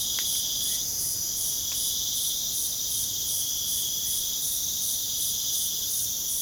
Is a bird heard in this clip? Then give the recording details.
no. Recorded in pastures near Puerto Asís, Putumayo, Colombia, on 29 June 2025 at 23:00. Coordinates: 0.497, -76.327. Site G040